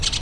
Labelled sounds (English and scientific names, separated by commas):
Brown-throated Parakeet (Eupsittula pertinax) contact call